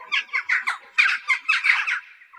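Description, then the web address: Bird calls: a run of harsh, squawking notes, several a second. "musicradar outdoor-samples Birds"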